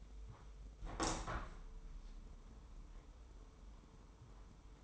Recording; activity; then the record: daily activity, microphone in the room; open window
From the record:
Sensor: 1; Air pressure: 995.8 hPa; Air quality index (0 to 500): 47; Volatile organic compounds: 1 ppm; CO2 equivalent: 841 ppm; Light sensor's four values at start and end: 30/104/40/41 and 30/105/40/42